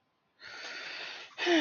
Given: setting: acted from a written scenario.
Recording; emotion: vocal sound without words; contentment